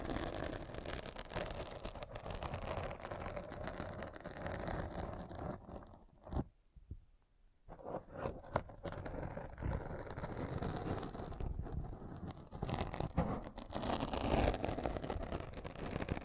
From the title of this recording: Thorough Brain Scratch